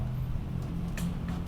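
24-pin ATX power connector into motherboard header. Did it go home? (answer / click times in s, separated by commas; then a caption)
no / none. A 24-pin ATX power cable plug is being pushed into the motherboard header, with two short handling knocks at about 1.0 s and 1.3 s over a steady low hum. Nothing has seated or clicked yet; the clip ends just before the connector goes home.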